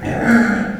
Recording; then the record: squeal of a Yucatan mini pig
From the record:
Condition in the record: after surgery on the right vocal fold (resection and tissue-engineered implant); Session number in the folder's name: 2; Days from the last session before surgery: 18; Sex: female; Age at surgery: 19 weeks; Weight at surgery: 25 kg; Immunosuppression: prednisolone